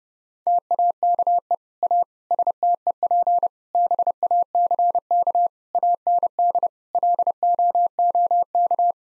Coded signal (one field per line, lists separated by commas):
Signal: Morse code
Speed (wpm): 30 wpm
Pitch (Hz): 700 Hz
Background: none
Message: TAKE A STEP BACK AND LOOK